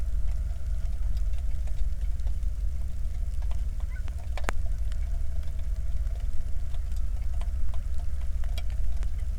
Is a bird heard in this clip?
yes